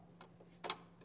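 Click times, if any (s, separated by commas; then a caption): 0.6 s. A gray side bar on a printer is pressed, releasing the hinged charcoal printer cover so that it pops up. A faint tick sounds at 0.2 s, then a sharp release click at 0.6 s quickly followed by a louder snap as the cover pops open over a low steady hum. The cover is released and opens.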